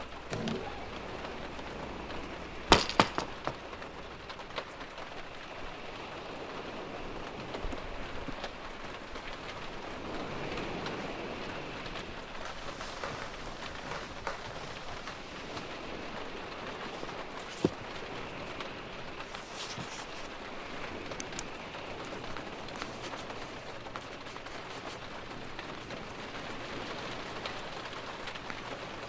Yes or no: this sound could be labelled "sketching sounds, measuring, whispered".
no